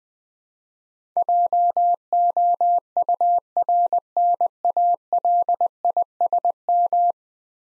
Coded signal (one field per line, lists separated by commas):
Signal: Morse code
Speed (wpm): 20 wpm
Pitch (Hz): 700 Hz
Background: none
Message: JOURNALISM